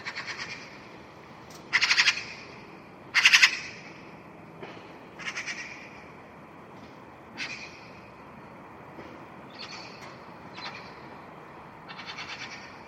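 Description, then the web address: Bird calling with rough, grating bursts, two loud ones early and then several fainter repeats at uneven intervals over quiet background hiss. "cianscape birddata Deverinetal"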